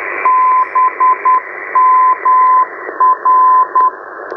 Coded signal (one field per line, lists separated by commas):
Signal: Morse code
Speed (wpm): 10 wpm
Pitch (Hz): 1020 Hz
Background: radio noise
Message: BMR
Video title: ICOM IC-705 | Hamshack In The Box! ALL MODE / ALL BAND QRP Portable SDR Transceiver